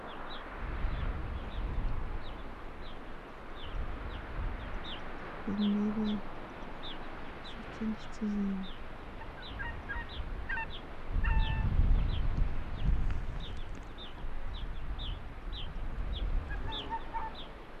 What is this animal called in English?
Arctic Fox